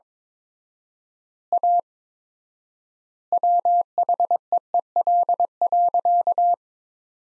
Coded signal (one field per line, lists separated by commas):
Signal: Morse code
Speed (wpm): 22 wpm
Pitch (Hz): 700 Hz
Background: none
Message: A WHEEL.